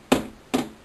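The plastic screen bezel of a Dell 1545 laptop is pressed down around its edges into the display lid after a screen replacement. Two sharp snaps are heard at 0.1 s and 0.5 s as the clips engage, and the bezel seats in place.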